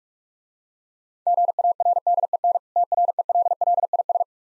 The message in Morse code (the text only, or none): GARDEN TRELLIS